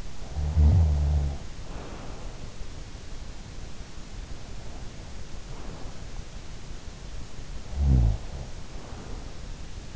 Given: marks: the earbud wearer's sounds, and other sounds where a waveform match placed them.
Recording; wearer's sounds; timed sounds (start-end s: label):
sounds in sleep by an in-ear microphone; snoring breath
0.00-2.62 s: snoring breath
7.42-9.25 s: snoring breath